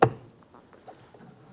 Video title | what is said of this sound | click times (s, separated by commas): How to Replace Rear Window Regulators 2009-2014 Nissan Maxima | Listen for a click, double check, make sure that's secured in place. | 0.0 s